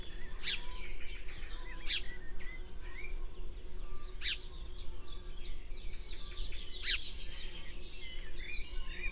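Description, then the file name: House sparrow chirping: four loud chirps stand out against many fainter overlapping chirps and twitters, over low background rumble. "Passer domesticus"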